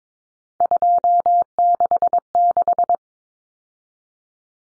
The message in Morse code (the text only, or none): 266